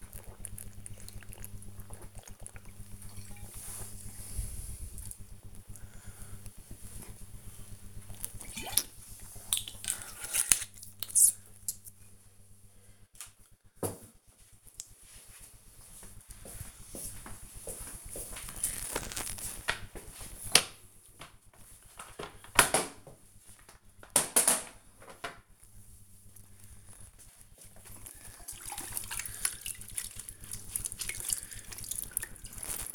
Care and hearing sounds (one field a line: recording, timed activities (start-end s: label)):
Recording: household activities, microphone on the right wrist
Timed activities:
0.00-8.67 s: drinking
19.78-32.95 s: floor cleaning